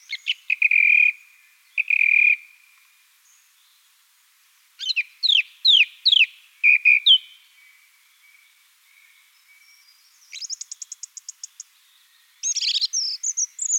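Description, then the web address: Song thrush singing phrases of repeated notes, including a series of downslurred whistles and a high rapid trill near the end. Song, recorded at Wiesloch. "Wiesloch. Singdrossel Gesang"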